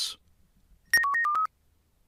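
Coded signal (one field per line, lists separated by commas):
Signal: five-tone selective call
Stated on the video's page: 5-tone (Select 5) sequences generated by a Rohde & Schwarz CMA180 radio test set.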